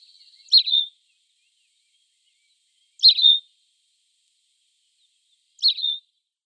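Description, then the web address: Tawny pipit singing brief sharp chirps, each a quick downward-sweeping note, repeated roughly every two and a half seconds against a quiet background. "Schulze Peter Tawny Pipit song"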